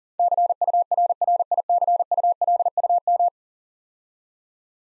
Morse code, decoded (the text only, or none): CURRICULUM